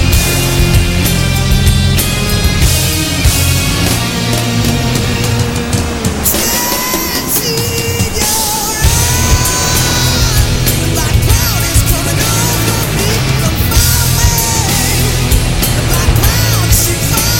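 Melodic rock music plays at a steady, full level, with heavy bass and dense bright cymbals. Around six seconds the low end drops away and gliding, wavering lead lines take over before the full band and bass return near nine seconds.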